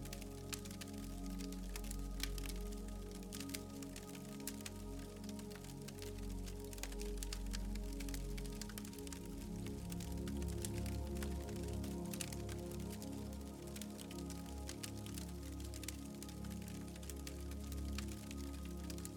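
A fire crackles steadily with dense, sharp pops throughout, over soft sustained low tones that hold evenly and swell slightly after the midpoint.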